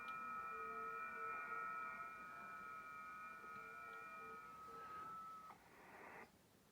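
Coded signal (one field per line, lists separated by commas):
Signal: FT8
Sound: several faint overlapping steady warbling tones over hiss, stopping near the end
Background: radio static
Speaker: and if all goes well i should get a 73 call back it's all going away in the background if you listen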